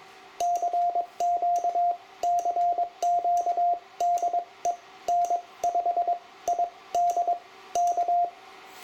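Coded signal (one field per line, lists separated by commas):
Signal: Morse code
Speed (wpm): 22 wpm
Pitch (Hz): 700 Hz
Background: radio noise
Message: CQ CQ DE N5ID K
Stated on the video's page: Morse on a Yaesu FT-710 set up for CW with keyer, break-in, audio peak filter, narrow filter and width settings.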